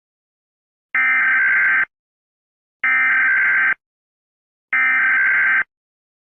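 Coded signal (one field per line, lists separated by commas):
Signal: Emergency Alert System (SAME) tones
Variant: header bursts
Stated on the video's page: Fictional EAS scenario with horror elements and sirens.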